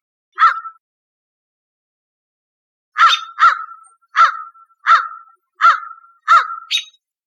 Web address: birdvocals CR AMCR 060305